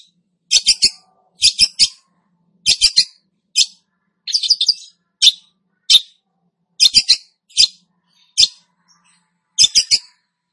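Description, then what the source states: Long-tailed shrike giving loud, harsh, buzzy phrases, often two or three quick notes grouped together, with pauses of roughly a second between groups. Singing vigorously, described as gacor.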